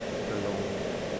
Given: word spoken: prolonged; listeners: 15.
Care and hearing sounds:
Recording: one English word in noise, from a listening test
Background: speech-shaped noise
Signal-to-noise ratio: -4.9 dB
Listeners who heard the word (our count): 1 of 15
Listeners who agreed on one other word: 9 of 15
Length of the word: 0.80 s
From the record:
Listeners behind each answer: 9, 3, 2, 1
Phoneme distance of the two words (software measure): 34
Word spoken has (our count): 2 syllables, 7 phonemes, stress on syllable 2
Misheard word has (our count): 2 syllables, 5 phonemes, stress on syllable 2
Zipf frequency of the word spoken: 3.43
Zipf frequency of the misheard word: 4.30

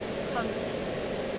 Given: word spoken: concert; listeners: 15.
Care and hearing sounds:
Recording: one English word in noise, from a listening test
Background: speech-shaped noise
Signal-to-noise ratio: -6.3 dB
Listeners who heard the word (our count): 3 of 15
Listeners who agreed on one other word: 10 of 15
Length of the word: 0.99 s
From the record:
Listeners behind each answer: 10, 3, 1, 1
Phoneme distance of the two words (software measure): 14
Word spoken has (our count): 2 syllables, 6 phonemes, stress on syllable 1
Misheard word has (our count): 2 syllables, 8 phonemes, stress on syllable 1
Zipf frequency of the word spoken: 4.23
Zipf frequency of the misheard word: 4.26

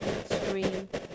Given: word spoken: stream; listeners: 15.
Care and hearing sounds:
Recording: one English word in noise, from a listening test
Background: noise modulated by three-talker babble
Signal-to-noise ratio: -3.6 dB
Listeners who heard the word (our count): 0 of 15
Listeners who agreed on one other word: 9 of 15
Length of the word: 0.75 s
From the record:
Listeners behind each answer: 9, 3, 2, 1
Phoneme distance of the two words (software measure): 10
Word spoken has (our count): 1 syllable, 5 phonemes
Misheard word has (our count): 1 syllable, 5 phonemes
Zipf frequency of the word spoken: 4.13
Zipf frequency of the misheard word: 4.05

